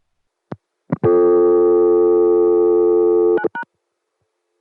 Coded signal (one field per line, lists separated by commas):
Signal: telephone call progress tone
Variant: North America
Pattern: dial tone